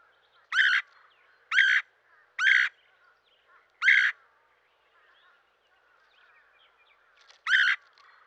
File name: dan-gibsons-solitudes red-headed-woodpecker